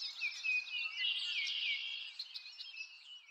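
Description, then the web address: Birds twittering and chirping in a high, steady tangle of quick sweeping notes. Birds in a forest, nature ambience. "lynne-publishing Nature Ambience Birds In a Forest"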